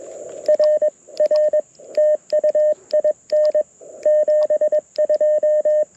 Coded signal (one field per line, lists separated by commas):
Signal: Morse code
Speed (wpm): 21 wpm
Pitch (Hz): 1800 Hz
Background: radio noise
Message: R R TUIN 72